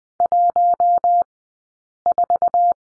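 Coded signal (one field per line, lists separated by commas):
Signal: Morse code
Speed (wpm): 20 wpm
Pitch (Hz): 700 Hz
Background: none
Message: 1 4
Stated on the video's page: Morse code course lesson on the number 4, Farnsworth speed 20/10 wpm.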